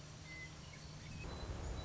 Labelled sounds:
Western Meadowlark
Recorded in Sonoma County, California

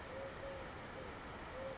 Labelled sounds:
Eurasian Collared Dove
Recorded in Sonoma County, California

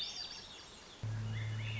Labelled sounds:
Swainson's Thrush
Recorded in Sonoma County, California

